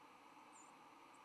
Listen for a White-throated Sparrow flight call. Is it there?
yes